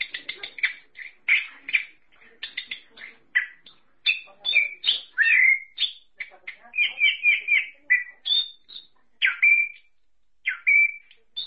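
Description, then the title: Thrush singing a busy medley of short chirps, slurred whistles and rising notes, with brief pauses between bursts of phrases. "burung anis x"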